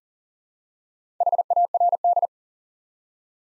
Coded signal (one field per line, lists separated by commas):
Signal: Morse code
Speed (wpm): 38 wpm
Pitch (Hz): 700 Hz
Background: none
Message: HARD